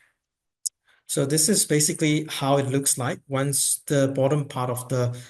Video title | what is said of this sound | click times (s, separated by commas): ShineWiLan-X2 Introduction - Growatt Australia Online Webinar Replay | land cables have been connected and just make sure that you have a click sound once it's connected | 0.7 s